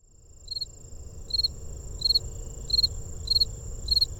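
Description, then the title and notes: Fall field cricket giving six clear chirps, each a quick cluster of pulses, spaced under a second apart, against a constant high-pitched insect drone. One of the Gryllus species; near a refuge visitor center, September 8 2015, 7:53pm, about 82 degrees; Fostex FR-2, Sennheiser ME62, Telinga parabola; fade in/out added. "Fall Field Cricket (one of the Gryllus species) recorded near Visitor Center of Patuxent Research Refuge September 8, 2015 at 7:53pm. Temperature about 82 degrees."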